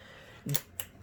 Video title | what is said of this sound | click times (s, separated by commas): Oreck Magnesium at WALMART!? | with this as possible so that just clicks right into place must be it is | 0.8 s